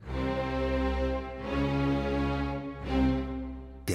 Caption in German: Der Mann auf der Couch schnarcht nicht wie andere Menschen. Er schnarcht im Dreivierteltakt. Das ist ein Walzertakt.